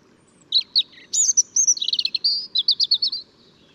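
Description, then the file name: European robin singing a rapid cascade of high, glassy notes that run into a quick trill and stuttering twitters, faint low rumble underneath. "Erithacus rubecula"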